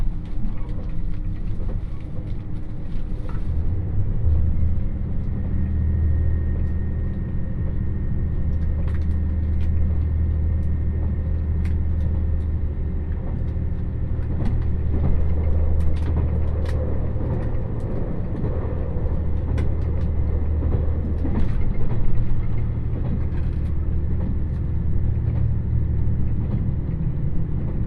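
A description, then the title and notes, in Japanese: A ride on the Dosan Line limited express Nanpu No. 26 from Awa-Ikeda to Tadotsu: a steady, heavy low rumble runs throughout. Scattered sharp clicks and knocks come through irregularly, and a faint thin whine hangs in for several seconds early on. 土讃線特急南風26号 阿波池田→多度津。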